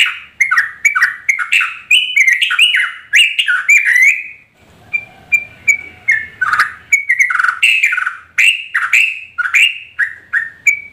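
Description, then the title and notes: Yellow-vented bulbul song: rapid bursts of bubbly, slurred chirps, rising and falling, with a short pause near the middle before the fast phrases resume. Tutor recording of a champion bird singing in the rapid-fire 'tembakan' style. "MASTERAN Trucukan Tembakan. trucuk juara"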